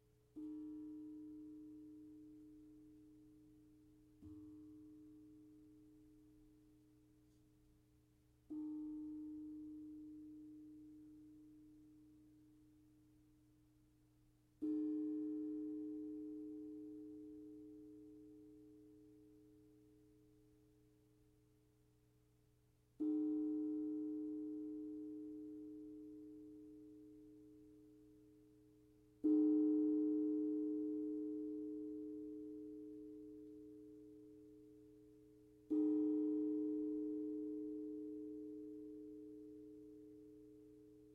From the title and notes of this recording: Sound Bath Soothe Session.